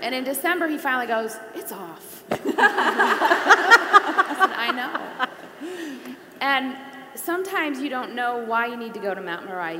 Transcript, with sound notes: In December he finally goes, “It's off.” (laughter) I said, “I know.” Sometimes you don't know why you need to go to Mount Moriah.